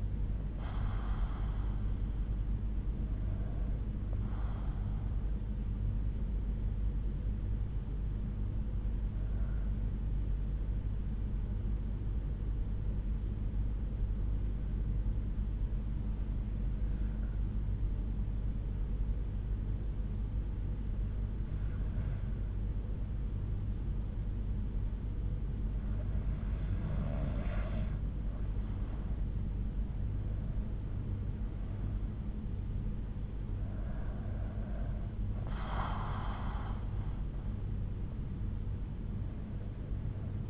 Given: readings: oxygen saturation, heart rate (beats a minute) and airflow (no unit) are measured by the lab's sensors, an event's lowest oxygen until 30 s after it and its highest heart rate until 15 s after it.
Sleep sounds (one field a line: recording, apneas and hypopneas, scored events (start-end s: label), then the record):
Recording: breathing in sleep by a smartphone at the bedside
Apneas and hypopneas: 1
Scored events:
6.00-28.90 s: hypopnea (N2, oxygen 96% highest, then 91% lowest, heart rate 59 at the start, 72 highest)
19.00-40.50 s: new sleep stage, N1 (lightest sleep)
From the record:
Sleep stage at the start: N2 (light sleep)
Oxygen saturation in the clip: 91 to 96%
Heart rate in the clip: 59 to 72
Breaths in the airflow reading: 7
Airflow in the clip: -7.1 to 6.6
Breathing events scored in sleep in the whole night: 368 in 8.0 hours asleep